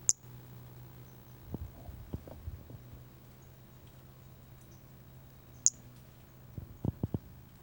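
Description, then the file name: Brachycephalus albolineatus giving very short, high-pitched notes, one at the start and one about five seconds later, over a low steady hum and scattered soft knocks. Recorded on 4 February 2016. "Brachycephalus albolineatus 160204"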